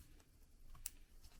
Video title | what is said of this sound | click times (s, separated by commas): Sur-Ron Ultra Bee Tail Tidy Installation - Step By Step Guide to Clean Up Your Ride | Little click again if you heard that. | 0.9 s